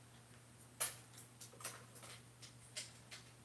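A hard drive mount is fitted into a computer case drive bay and snaps in with a sharp click at 0.8 s, followed by fainter ticks and small knocks through the rest of the clip over a steady low hum. The mount seats only partially, not fully snapped into place.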